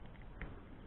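A small plastic end cap is pushed onto the top end of a tube on a motorcycle landing-gear leg to close it off. Two faint ticks come first, then at 0.4 s the cap snaps into place with a short, sharp click. The cap is seated.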